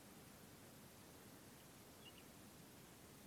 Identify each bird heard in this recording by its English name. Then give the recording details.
Common Nightingale. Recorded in France